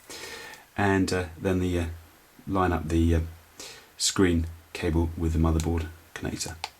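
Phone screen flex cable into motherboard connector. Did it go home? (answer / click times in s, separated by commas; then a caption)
no / none. Someone talks while the screen flex cable of a Samsung Galaxy S3 phone is lined up with the motherboard connector during a screen replacement. Nothing has seated or clicked yet.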